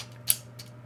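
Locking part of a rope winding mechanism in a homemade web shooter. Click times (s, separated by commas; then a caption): 0.3 s. A locking part of the rope winding mechanism in a homemade web shooter snaps into position as rope is wound onto the spool. A sharp click is heard at 0.3 s, followed by a fainter click near 0.6 s over a steady low hum. The winding mechanism locks into place.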